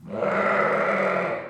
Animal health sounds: contact call of a hoofed animal; sheep; low-frequency (closed-mouth) or high-frequency (open-mouth) call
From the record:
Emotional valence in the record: negative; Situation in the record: short social isolation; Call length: 1.51 s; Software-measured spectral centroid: 1400 Hz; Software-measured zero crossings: 1870 a second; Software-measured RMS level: -24 dBFS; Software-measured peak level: -10 dBFS

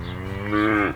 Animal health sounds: contact call of a hoofed animal; cattle; low-frequency (closed-mouth) or high-frequency (open-mouth) call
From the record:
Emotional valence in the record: negative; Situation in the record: full separation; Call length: 0.95 s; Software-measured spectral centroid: 1650 Hz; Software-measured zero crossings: 1620 a second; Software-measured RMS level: -23 dBFS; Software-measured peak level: -8 dBFS

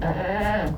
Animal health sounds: contact call of a hoofed animal; goat; low-frequency (closed-mouth) or high-frequency (open-mouth) call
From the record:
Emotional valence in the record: negative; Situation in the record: food frustration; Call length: 0.78 s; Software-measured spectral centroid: 1640 Hz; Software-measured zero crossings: 1410 a second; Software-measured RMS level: -24 dBFS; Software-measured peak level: -12 dBFS

